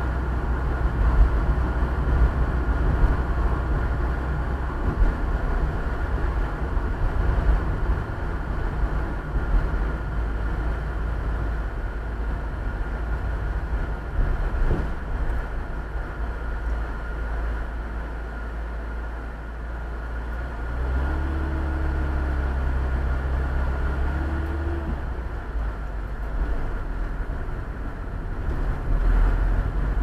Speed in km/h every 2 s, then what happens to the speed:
50, 52, 51, 50, 45, 40, 34, 29, 20, 5, 0, 0, 0, 13, 19.
0-6 steady at about 50. 6-20 brakes to 0. 20-24 standing. 24-30 pulls away to 19.